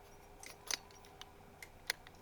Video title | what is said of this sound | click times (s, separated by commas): Crusader Arms Crypto Overview + Magwell Mod | And you'll hear the extra little click that I have to smack the bottom with. | 1.9 s